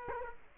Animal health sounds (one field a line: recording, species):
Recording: mosquito wingbeat signal from an infrared sensor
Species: Culex quinquefasciatus